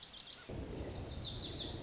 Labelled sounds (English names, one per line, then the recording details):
Lazuli Bunting
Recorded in Sonoma County, California